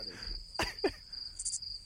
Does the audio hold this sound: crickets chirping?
yes